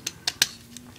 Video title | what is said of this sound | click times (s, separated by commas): (FR)Transformers Toyworld: TW-02 Aurora(Searchlight) | se clipse très facilement | 0.4 s